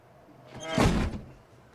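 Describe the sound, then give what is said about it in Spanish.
A door that cannot physically shut scrapes and swings in one swelling rush that peaks and fades over about a second, ending without a clean latch or slam. No one speaks. “se esconde en un cuartucho sin luz, apenas provisto de un ventanuco y una puerta que nunca se cierra porque no puede físicamente cerrarse.”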